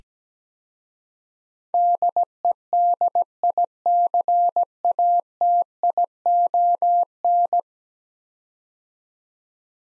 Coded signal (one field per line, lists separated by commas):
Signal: Morse code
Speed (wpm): 17 wpm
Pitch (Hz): 700 Hz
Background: none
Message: DEDICATION